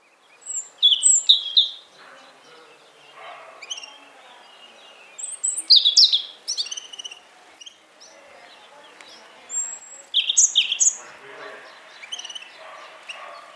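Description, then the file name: European robin song, a sequence of high, liquid, tumbling phrases with thin whistles and pauses. "Erithacus rubecula"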